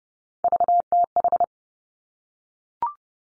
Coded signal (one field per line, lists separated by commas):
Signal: Morse code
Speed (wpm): 30 wpm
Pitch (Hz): 700 Hz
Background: none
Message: VTH